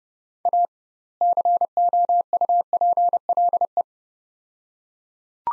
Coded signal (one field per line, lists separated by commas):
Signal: Morse code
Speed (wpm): 31 wpm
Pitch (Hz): 700 Hz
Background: none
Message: A COUPLE